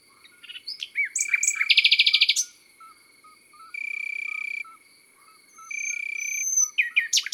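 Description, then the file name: Common nightingale song with a fast, loud repeated-note trill and sharp upward slurs, while an even, high continuous buzz sounds in bursts of about a second. Recorded in the countryside. "Rossignol philomele Chants doiseaux dans la campagne"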